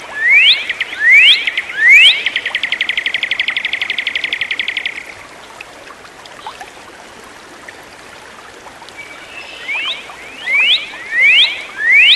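Bird song: three upward-sweeping whistles lead into a long rapid trill, followed by quiet, then a series of rising whistles returns.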